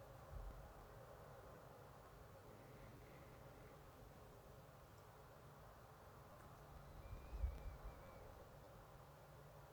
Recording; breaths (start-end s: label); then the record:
nose breathing near a microphone
2.36-4.84 s: inhalation
6.21-9.56 s: exhalation
From the record:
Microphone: phone